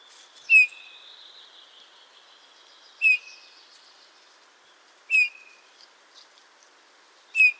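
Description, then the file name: Eurasian bullfinch call: a short, soft, falling whistle given four times at intervals of two to three seconds, over faint bird twittering and light background hiss. "Pyrrhula pyrrhula"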